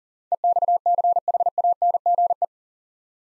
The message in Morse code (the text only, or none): EXCHANGE